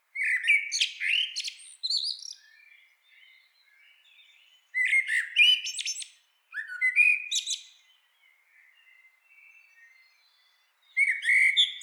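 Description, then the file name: Eurasian blackbird song: several rich, low warbled phrases, each finishing with thin, high chattering notes, with quieter gaps between. "Turdus merula"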